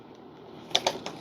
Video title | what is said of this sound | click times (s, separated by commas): E-FLITE 64MM VIPER UNBOX AND ASSEMBLY by FGFRC #rcjets #aviation #rc | it should pop into place | 0.8 s